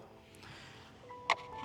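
Pressing the release lever on a pair of ratcheting hose clamp pliers lets the locked ratchet go with a single sharp click at 1.3 s, heard over a low steady hum and background music. The pliers are released.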